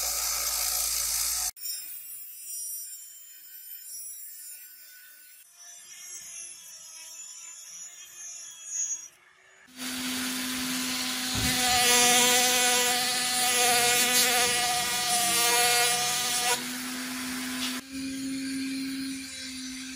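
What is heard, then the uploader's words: Metalworking sounds from turning a rusty bolt into a pocket lighter, split by abrupt cuts. A quieter stretch carries thin, high whines. Around ten seconds a loud, steady motor drone with a piercing whine and hiss takes over, shifting slightly near the end. Turning Rusty BOLT into a Beautiful Pocket LIGHTER.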